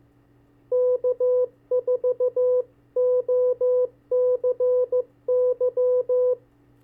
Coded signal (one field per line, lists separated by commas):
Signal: Morse code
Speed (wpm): 15 wpm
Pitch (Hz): 500 Hz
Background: none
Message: K4OCY